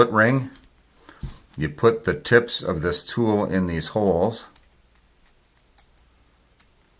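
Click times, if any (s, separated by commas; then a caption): none. Someone talks while placing the tips of snap ring pliers into the holes of a steel snap ring before it goes onto a shotgun magazine extension. After the talking stops, a few small, faint tool ticks follow from about 5.3 to 6.6 seconds. The ring has not been spread or pushed on, so nothing has seated or clicked yet.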